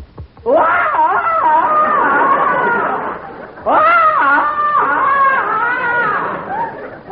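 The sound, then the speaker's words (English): Jack Benny bellows a long, warbling Tarzan yell at the zoo in two sustained bursts, his voice wavering up and down in pitch with strong harmonic swoops, loud and alone. “Benny, lift your chest and give the Tarzan yell.”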